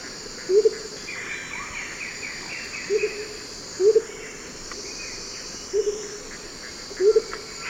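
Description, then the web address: Blue-crowned motmot repeating a low, mellow double hoot five times at uneven intervals, with a constant insect buzz and faint chirps from other birds behind. South America, eastern lowlands. "Natures Songs S America Eastern Lowlands Blue-crowned Motmot"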